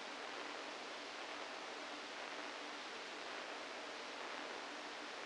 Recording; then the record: brain microelectrode recording played as sound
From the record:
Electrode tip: inside the subthalamic nucleus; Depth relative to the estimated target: -3 mm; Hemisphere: right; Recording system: NeuroSet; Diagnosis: Parkinson's disease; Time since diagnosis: 7 years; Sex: female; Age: 68 years